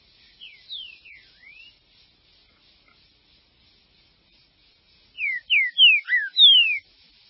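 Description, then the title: Green-winged saltator song, a few quieter whistles followed by a pause, then a loud phrase of five falling whistled notes ending in a long slur. "Trinca Ferro"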